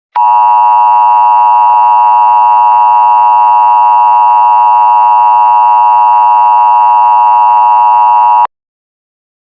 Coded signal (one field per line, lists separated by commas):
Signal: Emergency Alert System (SAME) tones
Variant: 853 and 960 Hz attention tone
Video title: DO NOT LOOK UP: An EAS Mock